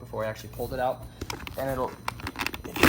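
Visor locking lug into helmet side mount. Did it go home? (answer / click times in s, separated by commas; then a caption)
partly / 2.8 s. Someone talks while pushing the visor onto the side mount of a matte black 2020 GLX GX11 full face helmet. A few small plastic clicks come before a louder click at 2.8 s. The visor's plastic locking lug does not go all the way in, so the visor sits only half on and is not locked.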